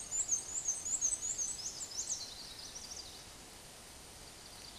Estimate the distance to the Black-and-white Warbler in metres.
about 30 m